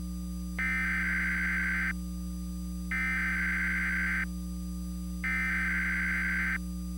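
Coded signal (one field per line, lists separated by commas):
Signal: Emergency Alert System (SAME) tones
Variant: header bursts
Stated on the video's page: Mock alert with valid tones: tornado warning relayed via FM station with EMNet voice, alert audio rather low, made with TFT Tones, FM Retro and Capture Card macros.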